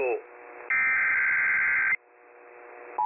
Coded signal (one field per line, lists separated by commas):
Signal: Emergency Alert System (SAME) tones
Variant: header bursts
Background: speech